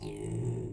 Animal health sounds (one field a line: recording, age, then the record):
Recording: pig call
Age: weaner (32 to 43 days)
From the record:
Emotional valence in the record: negative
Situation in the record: novel object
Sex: female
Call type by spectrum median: low-frequency call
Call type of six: low-frequency stable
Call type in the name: low-frequency stable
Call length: 0.73 s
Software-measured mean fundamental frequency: 56 Hz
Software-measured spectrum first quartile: 123 Hz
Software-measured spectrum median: 241 Hz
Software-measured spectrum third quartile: 520 Hz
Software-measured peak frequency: 358 Hz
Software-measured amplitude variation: 130 dB a second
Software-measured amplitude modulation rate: 33.5 a second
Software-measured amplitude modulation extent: 3.9 dB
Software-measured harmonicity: 3.7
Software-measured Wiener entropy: -0.15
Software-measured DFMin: 846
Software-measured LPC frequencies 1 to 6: 317, 2189, 2760, 4137, 4842, 6263 Hz